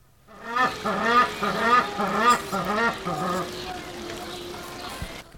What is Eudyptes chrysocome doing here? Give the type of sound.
call